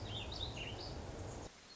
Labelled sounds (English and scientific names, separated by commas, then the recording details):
Warbling Vireo (Vireo gilvus)
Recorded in Sonoma County, California